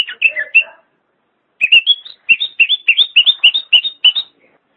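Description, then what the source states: Greater green leafbird singing rapid sweet whistled notes and chirps, a short burst, then a pause of nearly a second, then a longer, quicker string of rising whistles. Cucak ijo chirping song.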